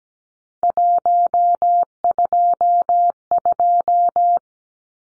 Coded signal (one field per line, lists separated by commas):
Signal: Morse code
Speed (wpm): 17 wpm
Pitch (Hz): 700 Hz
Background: none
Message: 122